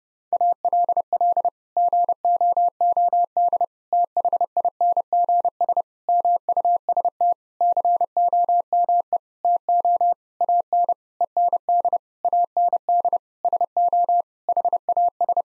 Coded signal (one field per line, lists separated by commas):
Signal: Morse code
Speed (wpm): 30 wpm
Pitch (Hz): 700 Hz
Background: none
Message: ALL GOOD THINGS MUST COME TO AN END AND SO HAS